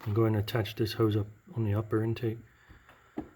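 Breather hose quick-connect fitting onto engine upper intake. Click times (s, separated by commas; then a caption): 2.9 s, 3.2 s. During a Roush cold air intake install on a 2011–2014 Ford F-150 with the 5.0-liter V8 engine, a plastic breather hose with a quick-connect fitting is pushed onto the upper intake while someone talks. Two short clicks are heard at 2.9 s and 3.2 s as the fitting snaps into place, and the hose is seated.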